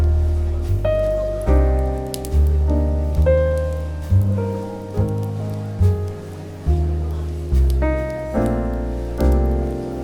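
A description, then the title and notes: Smooth jazz plays steadily, a warm walking bass and piano chords changing every second or so, with soft sustained notes above. Coffee Shop Bookstore Ambience with Relaxing Smooth Jazz Music and Crackling Fireplace. Coffee Shop Bookstore Ambiance.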